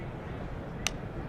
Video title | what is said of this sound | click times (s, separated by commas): Shot Show 2019: Geissele Automatics | all over the place so as you notice as you push this over watch watch us lock up snaps | 0.9 s